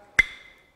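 A crimped wire terminal is pushed into a plastic plug housing, giving a single sharp snap at 0.2 s with a bright ring near 2 kHz and 3.5 kHz that fades over about half a second. This is the first of two snaps, not the one that locks it, so the terminal is only partly in and not fully home.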